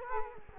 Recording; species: mosquito wingbeat signal from an infrared sensor; Culex quinquefasciatus